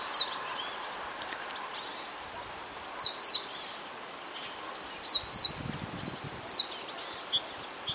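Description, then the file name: Great tit calling with brief high chirps, singly and in pairs, against continuous faint outdoor noise. "Parus major"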